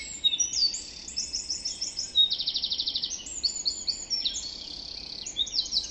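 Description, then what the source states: Birds singing together: sharp whistled notes, a fast rattling trill and layered high chirps overlapping throughout. Dawn chorus recorded just after dawn in the Forest of Dean.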